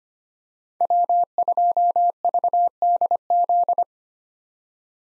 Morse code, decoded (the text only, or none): W2VDZ